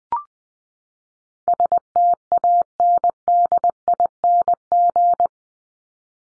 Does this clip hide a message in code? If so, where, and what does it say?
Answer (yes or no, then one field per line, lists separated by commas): yes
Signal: Morse code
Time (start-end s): 1.5-5.3 s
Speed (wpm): 20 wpm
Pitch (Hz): 700 Hz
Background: none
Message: STANDING